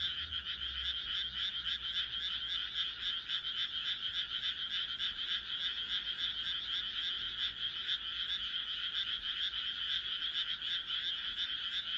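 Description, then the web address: Frog chorus of rapid pulsed croaks, many callers blending into a constant rattling, with a faint low rumble near the start. "kaeru kaeru"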